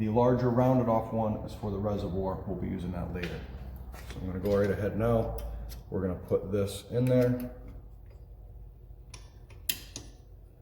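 A small square-section retaining ring is pressed into the metal body of an ATV shock absorber during reassembly. Someone talks, and then there is a sharp click at 9.7 s as the ring goes in. The ring is pulled up on afterward and confirmed seated.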